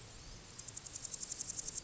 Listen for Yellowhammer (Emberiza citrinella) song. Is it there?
no